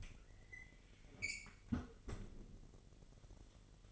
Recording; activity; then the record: daily activity, microphone in the room; close fridge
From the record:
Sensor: 4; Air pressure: 1002.9 hPa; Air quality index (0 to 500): 247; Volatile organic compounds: 19 ppm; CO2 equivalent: 2641 ppm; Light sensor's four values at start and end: 4/10/4/4 and 4/10/3/4